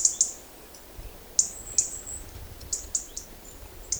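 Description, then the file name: European robin uttering sharp, very high call notes, some in pairs, spaced irregularly over a quiet background. "Erithacus rubecula"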